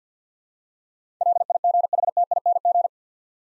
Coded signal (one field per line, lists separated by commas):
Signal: Morse code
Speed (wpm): 50 wpm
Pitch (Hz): 700 Hz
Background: none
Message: LIGHTING